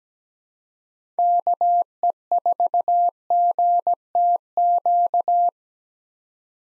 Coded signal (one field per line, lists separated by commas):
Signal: Morse code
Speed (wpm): 17 wpm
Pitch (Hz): 700 Hz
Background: none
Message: KE4GTQ